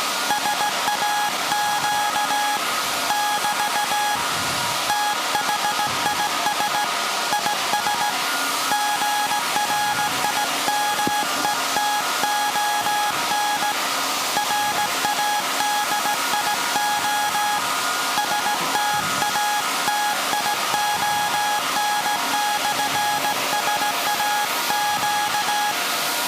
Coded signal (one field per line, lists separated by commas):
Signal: Morse code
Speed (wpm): 17 wpm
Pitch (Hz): 830 Hz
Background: music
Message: SAQ <BT> THIS IS GRIMETON RADIO STATION/SAQ